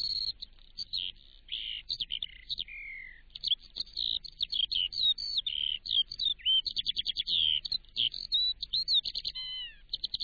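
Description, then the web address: Eurasian skylark song, a rapid, continuous stream of high twittering, trills and short slurred whistles. "Sound Effects Special FX 2. Skylark"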